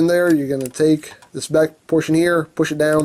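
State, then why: Not seated. Someone talks while handling the back portion of a transforming robot toy's plastic leg, which is about to be pushed down to lock the leg joint into place for dinosaur mode. Nothing has seated or clicked yet; the clip ends just before the part goes home.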